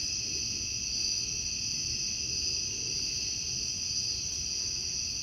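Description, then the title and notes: Continuous high-pitched cicada buzzing, even and unbroken, above a soft low rumbling background. Outdoors in summer. "Ext Cicadas, Car Driving By, Summer by Bandeto"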